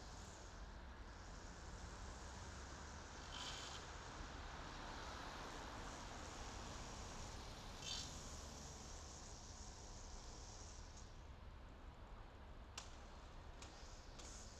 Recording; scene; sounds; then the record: everyday scene through a hearing-aid microphone; in traffic; traffic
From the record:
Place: main city hub, rush hour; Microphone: in the ear canal, left